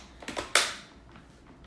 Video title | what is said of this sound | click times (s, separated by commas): Back to School Meal Prep Tips Part 3: Food Storage and Vacuum Sealing Produce | that click that's locking it in place | 0.6 s